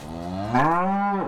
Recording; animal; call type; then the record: contact call of a hoofed animal; cattle; low-frequency (closed-mouth) or high-frequency (open-mouth) call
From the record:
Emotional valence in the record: negative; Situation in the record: full separation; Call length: 1.29 s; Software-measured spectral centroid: 1320 Hz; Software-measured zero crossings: 1600 a second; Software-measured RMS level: -23 dBFS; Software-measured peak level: -10 dBFS